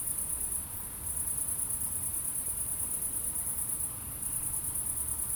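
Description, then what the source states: Crickets chirping in a steady high-pitched shimmering trill, with brief lulls near the start and around four seconds, over a low rumble of traffic. Crickets at night in Aveize, France, with cars in the distance; recorded with a DPA-2006c pair in AB position into an SD MixPre-3.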